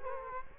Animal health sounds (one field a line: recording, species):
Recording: mosquito wingbeat signal from an infrared sensor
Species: Culex quinquefasciatus